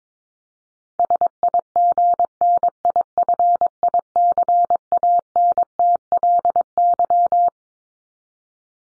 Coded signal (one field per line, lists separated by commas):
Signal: Morse code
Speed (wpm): 22 wpm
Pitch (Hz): 700 Hz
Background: none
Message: SIGNIFICANTLY